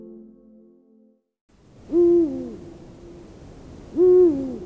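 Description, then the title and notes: Eurasian eagle-owl giving two deep, booming hoots about two seconds apart, each slightly rising then falling. "Huuhkaja. Juha Laaksonen"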